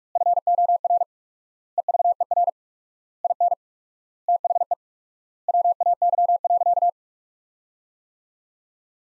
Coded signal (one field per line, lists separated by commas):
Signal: Morse code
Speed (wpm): 42 wpm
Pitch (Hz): 700 Hz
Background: none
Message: FOR EVER IN THE WAY.